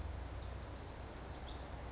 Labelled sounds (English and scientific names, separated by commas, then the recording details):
Pacific Wren (Troglodytes pacificus)
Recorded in Sonoma County, California